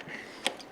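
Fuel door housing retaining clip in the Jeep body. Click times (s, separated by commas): 0.5 s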